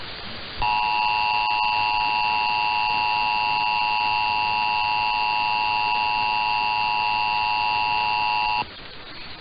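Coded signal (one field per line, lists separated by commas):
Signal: Emergency Alert System (SAME) tones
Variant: 853 and 960 Hz attention tone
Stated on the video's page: Nebraska Required Monthly Test received off the air on AM station 880.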